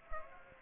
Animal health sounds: mosquito wingbeat signal from an infrared sensor; Culex pipiens

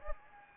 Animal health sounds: mosquito wingbeat signal from an infrared sensor; Anopheles gambiae

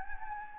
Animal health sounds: mosquito wingbeat signal from an infrared sensor; Anopheles gambiae

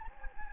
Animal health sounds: mosquito wingbeat signal from an infrared sensor; Anopheles gambiae

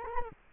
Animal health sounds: mosquito wingbeat signal from an infrared sensor; Culex quinquefasciatus

